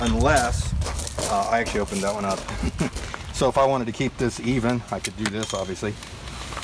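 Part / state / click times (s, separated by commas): telescoping ladder section lock on ladder rail / not seated / none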